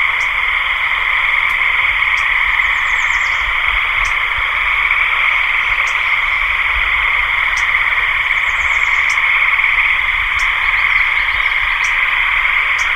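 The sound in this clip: Frog chorus forming a continuous, even drone throughout, with occasional faint clicks and soft higher chirps above it.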